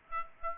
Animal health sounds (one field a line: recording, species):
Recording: mosquito wingbeat signal from an infrared sensor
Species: Aedes aegypti